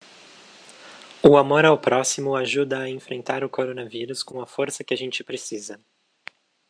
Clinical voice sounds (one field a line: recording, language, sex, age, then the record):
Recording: spoken sentence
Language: Brazilian Portuguese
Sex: male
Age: 20 to 29 years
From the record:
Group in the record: control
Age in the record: 26 years